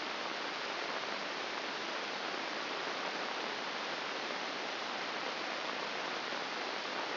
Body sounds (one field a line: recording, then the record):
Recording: brain microelectrode recording played as sound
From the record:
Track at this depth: inside the subthalamic nucleus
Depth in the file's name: 4.302 mm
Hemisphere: left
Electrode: 2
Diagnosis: Parkinson's disease